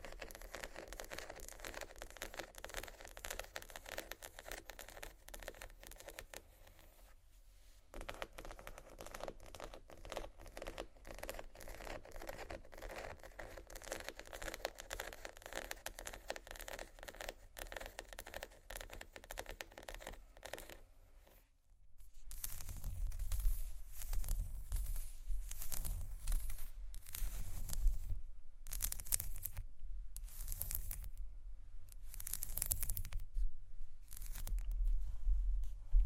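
Dense, fast tapping and scratching on glass and bamboo runs as a steady, crackly patter for the first twenty seconds, broken by brief pauses near 8 and 21 seconds. After that it turns louder and rougher, with bursts of scraping and deep thumps.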